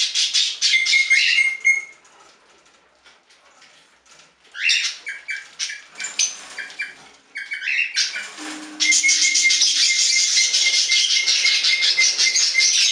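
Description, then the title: Budgerigar chatter, scratchy warbling bursts and a brief whistled note, then from nine seconds a steady, buzzy, rapid chattering stream with a thin sustained whistle. "Budgie Sounds"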